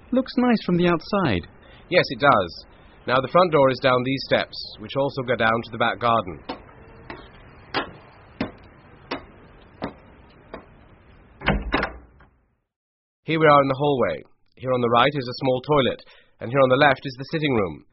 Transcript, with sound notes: Looks nice from the outside.
Yes, it does. Now the front door is down these steps which also go down to the back garden. (front door opens) Here we are in the hallway. Here on the right is a small toilet...and here on the left is the sitting room.